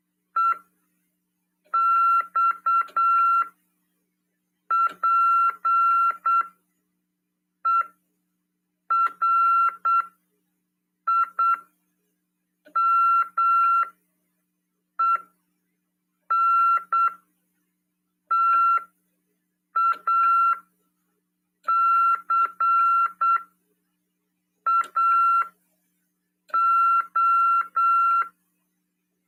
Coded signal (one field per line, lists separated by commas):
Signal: Morse code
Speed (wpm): 8 wpm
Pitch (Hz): 1360 Hz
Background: none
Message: EXPERIMENTACAO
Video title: RADIOAMADOR "TVCRASP" 1ªED. 25/8/2022 "SETEMBRO: CW, COM. RODADA e LEGISLAÇÃO" PY2EXU PAULO SP/SP